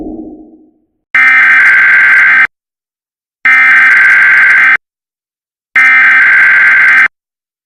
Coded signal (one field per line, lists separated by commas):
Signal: Emergency Alert System (SAME) tones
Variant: header bursts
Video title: EAS Scenario #2 - A Giamental Disaster